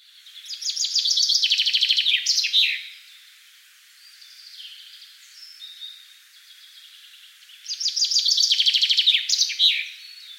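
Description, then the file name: Common chaffinch song, two phrases of quick descending trilled notes ending in a flourish, separated by a quieter pause of about five seconds. "Fringilla coelebs"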